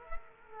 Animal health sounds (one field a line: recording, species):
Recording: mosquito wingbeat signal from an infrared sensor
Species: Culex quinquefasciatus